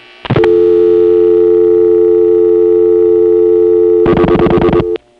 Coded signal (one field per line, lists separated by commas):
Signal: telephone call progress tone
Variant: North America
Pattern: dial tone